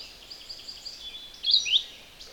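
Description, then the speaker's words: Philadelphia Vireo song phrase: a brief cluster of high, slurred notes after a few faint ticking notes, over a steady high hiss. Male singing directly overhead in deciduous woods; phrased song of a few notes, then a pause, repeated. "There's a bird called a Philadelphia vireo, and he's singing right above me."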